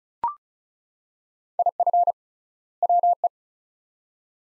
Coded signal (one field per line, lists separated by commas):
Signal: Morse code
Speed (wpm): 36 wpm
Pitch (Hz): 700 Hz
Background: none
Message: IF WE